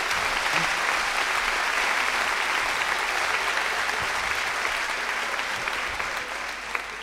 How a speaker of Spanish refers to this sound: Un aplauso grande para ellos.